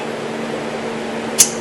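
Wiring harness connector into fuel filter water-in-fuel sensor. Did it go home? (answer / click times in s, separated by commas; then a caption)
yes / 1.4 s. A wiring harness connector is pushed by hand onto the water-in-fuel sensor of the fuel filter housing on a 2010–2018 Dodge Ram 6.7 L Cummins during a fuel filter replacement. Over a steady background hum, a single sharp snap is heard at 1.4 s as the connector locks, and it is seated all the way.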